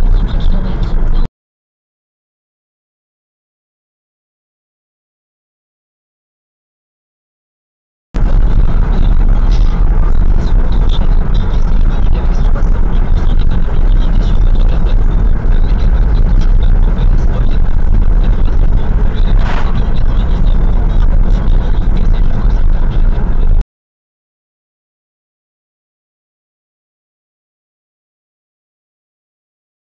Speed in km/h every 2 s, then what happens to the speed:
62, 64, 68, 70, 71, 71, 76, 76, 77, 73, 71, 66, 60, 62, 57.
0-16 speeds up to 77. 16-30 slows to 57.